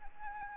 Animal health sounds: mosquito wingbeat signal from an infrared sensor; Anopheles arabiensis

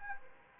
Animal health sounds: mosquito wingbeat signal from an infrared sensor; Anopheles arabiensis

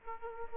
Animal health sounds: mosquito wingbeat signal from an infrared sensor; Aedes aegypti

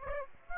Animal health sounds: mosquito wingbeat signal from an infrared sensor; Aedes aegypti

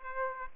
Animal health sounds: mosquito wingbeat signal from an infrared sensor; Aedes aegypti

